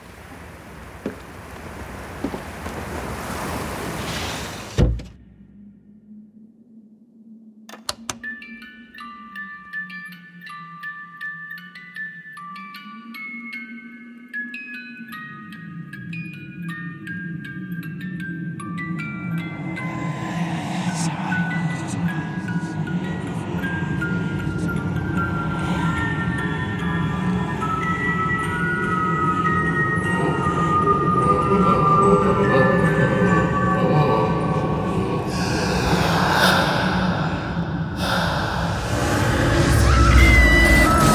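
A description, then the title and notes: Spooky Halloween sounds: a hissing rush cuts off sharply at five seconds, then a low wavering drone rises with high chiming, bell-like tones drifting above it. From about twenty seconds a rougher, denser roar builds steadily, growing louder with sharp bursts near the end. Spooky Sounds For Halloween.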